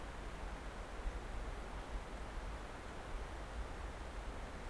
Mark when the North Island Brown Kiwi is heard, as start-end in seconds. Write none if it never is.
none